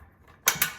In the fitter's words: and it clicks in place then you're going to take your tool